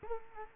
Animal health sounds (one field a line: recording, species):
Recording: mosquito wingbeat signal from an infrared sensor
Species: Culex quinquefasciatus